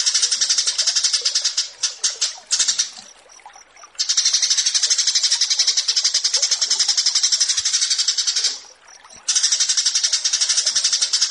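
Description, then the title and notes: Horsfield's bush lark song: dense, shrill, rapidly repeated pulses running in long phrases, with a broken stretch and a short pause between them. Bird-keeping song tutoring recording (masteran) of a branjangan, presented as branjangan versus burger. "Branjangan VS BURGER Masteran Mewah 1. burung BRANJANGAN"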